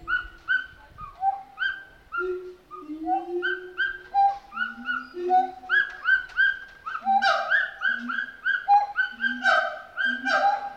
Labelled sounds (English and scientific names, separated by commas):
Pileated Gibbon (Hylobates pileatus)